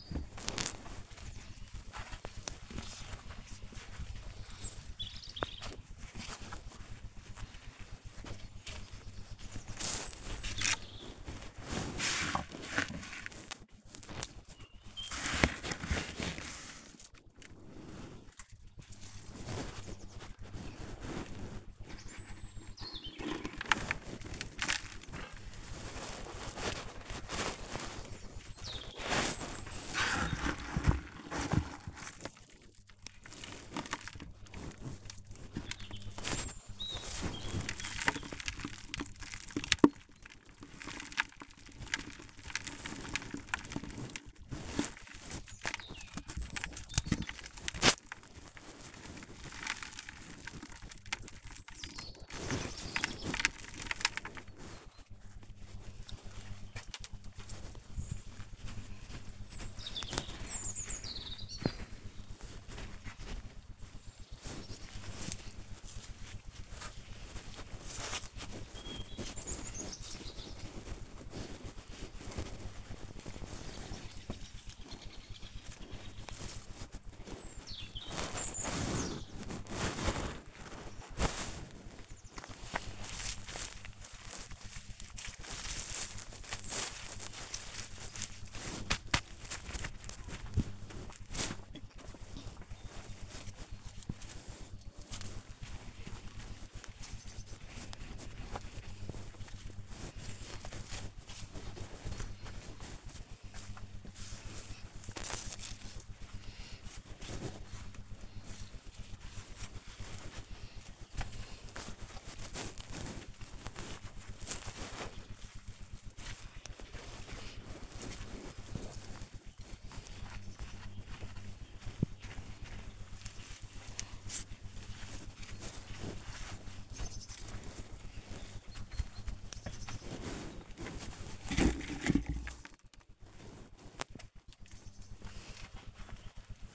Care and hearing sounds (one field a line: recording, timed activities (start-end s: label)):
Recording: household activities, microphone on the right wrist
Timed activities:
0.00-69.11 s: working in the garden
74.13-136.75 s: working in the garden